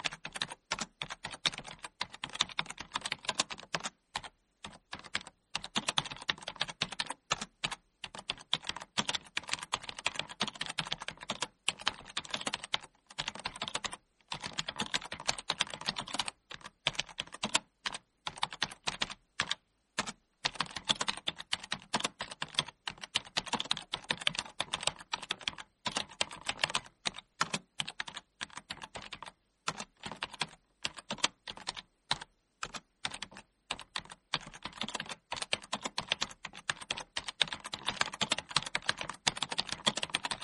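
Someone types steadily on a computer keyboard for the whole stretch, a dense run of crisp clicks with short pauses every second or two. The taps are close and bright, with a slight hollow thud under them, and nothing else intrudes.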